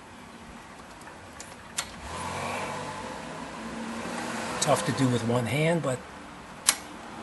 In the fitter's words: you can hear that click that's the click you're looking for